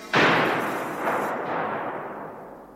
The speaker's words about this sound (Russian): Откуда выстрел?